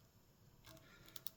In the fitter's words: Put the zip tie through until you hear it latch.